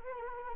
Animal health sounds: mosquito wingbeat signal from an infrared sensor; Anopheles arabiensis

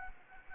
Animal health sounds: mosquito wingbeat signal from an infrared sensor; Anopheles gambiae

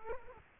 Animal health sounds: mosquito wingbeat signal from an infrared sensor; Culex quinquefasciatus

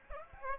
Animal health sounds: mosquito wingbeat signal from an infrared sensor; Aedes albopictus

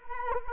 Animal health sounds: mosquito wingbeat signal from an infrared sensor; Culex quinquefasciatus

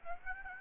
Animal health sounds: mosquito wingbeat signal from an infrared sensor; Aedes aegypti

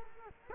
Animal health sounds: mosquito wingbeat signal from an infrared sensor; Culex quinquefasciatus

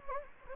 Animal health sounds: mosquito wingbeat signal from an infrared sensor; Anopheles gambiae

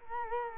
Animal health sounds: mosquito wingbeat signal from an infrared sensor; Culex quinquefasciatus

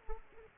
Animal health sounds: mosquito wingbeat signal from an infrared sensor; Aedes aegypti

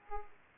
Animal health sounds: mosquito wingbeat signal from an infrared sensor; Aedes aegypti

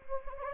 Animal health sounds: mosquito wingbeat signal from an infrared sensor; Anopheles gambiae

